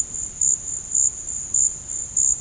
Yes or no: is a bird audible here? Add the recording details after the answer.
no. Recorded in secondary vegetation near Puerto Asís, Putumayo, Colombia, on 8 March 2025 at 14:30. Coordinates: 0.502, -76.326. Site G100